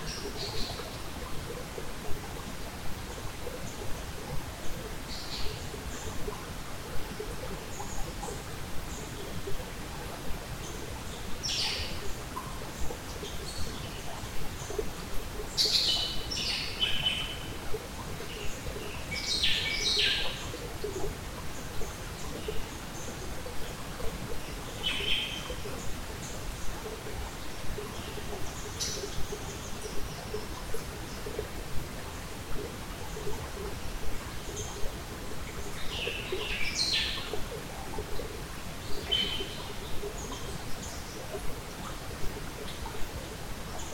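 A small creek runs steadily underneath, a dense, even rushing with a low murmur that never changes. Over it, native forest birds call in bright, short bursts and chirps, scattered irregularly, with a busier cluster around the middle and another near the end.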